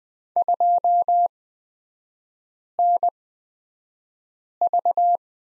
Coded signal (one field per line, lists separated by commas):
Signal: Morse code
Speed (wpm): 20 wpm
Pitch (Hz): 700 Hz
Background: none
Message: 2NV